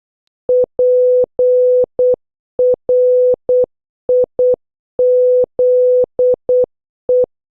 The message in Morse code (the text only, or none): PRIZE